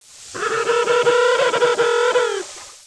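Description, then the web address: Emperor penguin call: one harmonic, trumpeting phrase about two seconds long, held at a steady pitch with rapid pulsing throughout, sagging slightly at the end. "gmedina pinguins. emperador"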